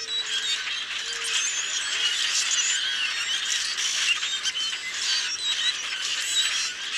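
Common grackles in a noisy flock, overlapping high squeals and creaking notes throughout, with a few short low tonal sounds near the start.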